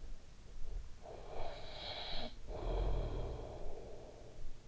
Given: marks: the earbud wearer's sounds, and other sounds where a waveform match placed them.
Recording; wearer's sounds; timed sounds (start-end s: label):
sounds in sleep by an in-ear microphone; snoring breath
0.71-4.68 s: snoring breath